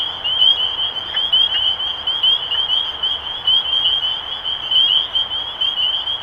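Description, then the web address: Spring peepers in chorus, a dense band of high, slightly rising peeps overlapping continuously, with a few faint lower notes in the background. Recorded 23 March 2012. "rob animals Peepers-2012-0323"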